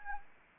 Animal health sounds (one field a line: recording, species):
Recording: mosquito wingbeat signal from an infrared sensor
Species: Anopheles arabiensis